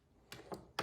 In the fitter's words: press it in place until it clicks.